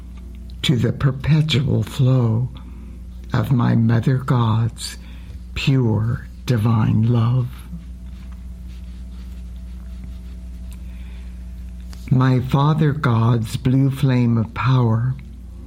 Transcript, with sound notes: to the perpetual flow of my Mother God's pure divine love. (breaths) My Father God's blue flame of power